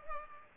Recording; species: mosquito wingbeat signal from an infrared sensor; Culex pipiens